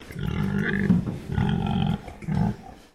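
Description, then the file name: Pig grumbling in low, throaty bursts, three main rumbles with short pauses between them, the last one shorter. Landrace pig, recorded inside, grumbling. "ANIMAL PIG LANDRACE EDGAR INSIDE GRUMBLE"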